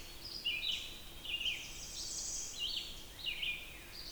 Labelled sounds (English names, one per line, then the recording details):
Red-eyed Vireo song
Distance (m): 35 m
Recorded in boreal forest in Alberta, Canada, on 20 June 2016 at 05:06
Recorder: SongMeter 3, array SBT-6-81
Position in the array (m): 120 m, 126 m